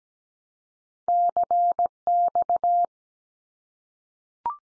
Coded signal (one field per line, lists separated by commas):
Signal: Morse code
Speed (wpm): 17 wpm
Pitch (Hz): 700 Hz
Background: none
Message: CX